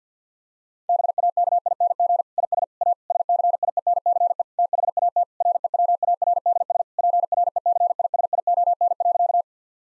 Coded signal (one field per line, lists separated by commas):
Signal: Morse code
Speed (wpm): 50 wpm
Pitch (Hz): 700 Hz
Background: none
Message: BAKING IS A SCIENCE THAT REWARDS PRECISION.